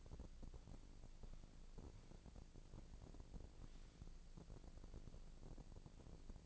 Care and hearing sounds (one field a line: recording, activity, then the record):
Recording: daily activity, microphone in the room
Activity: walk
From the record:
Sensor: 5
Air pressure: 1012.3 hPa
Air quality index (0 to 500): 155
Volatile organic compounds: 2 ppm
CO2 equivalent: 1064 ppm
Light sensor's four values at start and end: 293/705/301/335 and 297/714/305/340